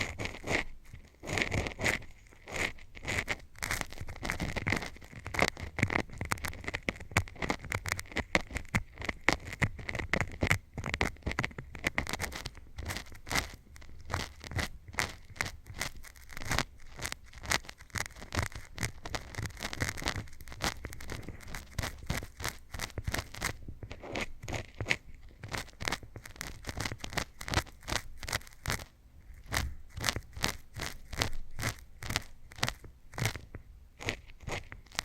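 Scratching and tapping sounds fill the whole clip, a dense run of short crackly strokes and taps coming quickly and unevenly with few pauses. The texture is dry and scratchy, spanning low thumps to bright hiss, with a faint steady tone underneath throughout.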